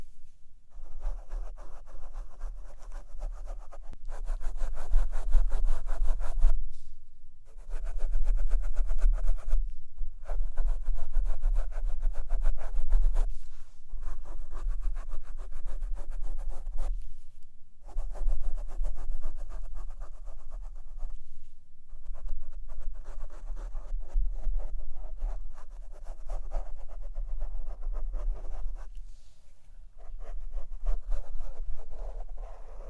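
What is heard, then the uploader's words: A microphone is brushed and rubbed almost continuously, giving a dense, scratchy rustle with a strong low rumble underneath. Short silent gaps break it up every few seconds, around 7, 13, 17 and 21 seconds, as the handling stops and restarts. ASMR Fall Asleep To Mic Brushing & Tapping (No Talking).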